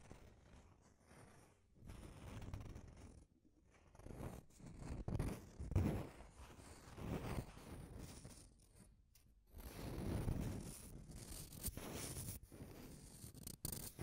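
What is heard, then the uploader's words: Deep scratching comes in rough, uneven bursts of low scraping, with brief quiet gaps around three, nine and thirteen seconds. Deep Scratching. (No Talking).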